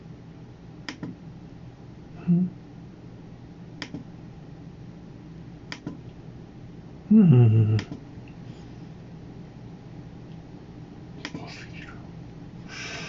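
Sounds of working at a computer: a steady low hum with sharp, isolated clicks every couple of seconds, like keys or a mouse. A short squeak comes near 2 seconds, and a louder falling, meow-like cry rises briefly around 7 seconds.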